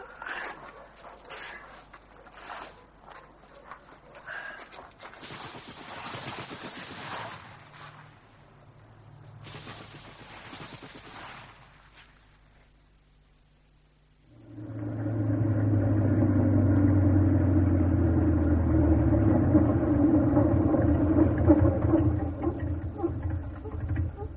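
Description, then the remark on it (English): A car is pushed along a lane by the fields with scuffing, crunching footsteps and a low rolling rumble for several seconds, then a loud, steady engine drone with a deep hum takes over and holds to the end. “We'll have to push then”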